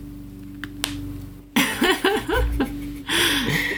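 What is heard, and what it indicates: Two brief sharp pops as an adult deliberately cracks their knuckles in a quiet room, followed by conversational speech; a harmless joint sound.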